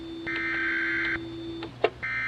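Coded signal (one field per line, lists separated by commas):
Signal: Emergency Alert System (SAME) tones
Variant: header bursts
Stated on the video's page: Sound effect taken from a recording of the national EAS test, used in a fictional story.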